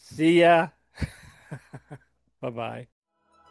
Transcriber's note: laughs